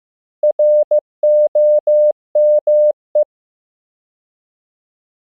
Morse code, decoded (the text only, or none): ROME